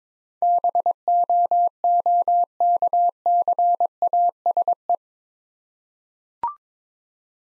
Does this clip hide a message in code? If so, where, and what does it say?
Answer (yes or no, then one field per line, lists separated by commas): yes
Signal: Morse code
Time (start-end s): 0.4-5.0 s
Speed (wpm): 22 wpm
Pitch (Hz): 700 Hz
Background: none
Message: BOOKCASE